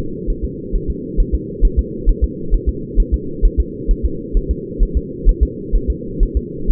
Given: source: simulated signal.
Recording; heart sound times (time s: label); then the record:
fetal heart sounds
0.30 s: S1
0.44 s: S2
0.75 s: S1
0.90 s: S2
1.20 s: S1
1.35 s: S2
1.65 s: S1
1.79 s: S2
2.09 s: S1
2.24 s: S2
2.54 s: S1
2.69 s: S2
3.00 s: S1
3.14 s: S2
3.45 s: S1
3.60 s: S2
3.91 s: S1
4.05 s: S2
4.37 s: S1
4.51 s: S2
4.83 s: S1
4.97 s: S2
5.29 s: S1
5.43 s: S2
5.75 s: S1
5.90 s: S2
6.23 s: S1
6.37 s: S2
6.71 s: S1
From the record:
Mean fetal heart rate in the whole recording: 130 bpm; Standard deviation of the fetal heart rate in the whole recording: 2 bpm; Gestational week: 38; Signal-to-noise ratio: -4.3 dB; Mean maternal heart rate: 72 bpm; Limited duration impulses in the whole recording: absent